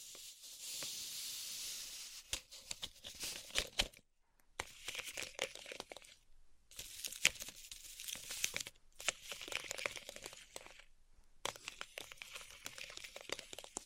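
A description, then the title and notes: A band-aid is peeled off in bursts of crisp, crackly tearing, with a steady hiss at first and brief silent pauses between pulls. ASMR Ripping Off the Band Aid (No Talking).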